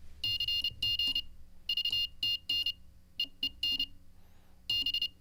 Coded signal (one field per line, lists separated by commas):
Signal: Morse code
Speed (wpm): 26 wpm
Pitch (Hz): 2850 Hz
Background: none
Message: CG VTN EEN B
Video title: How to Weather the Coronavirus by Learning Morse Code LIVE with N0SSC (Day 32)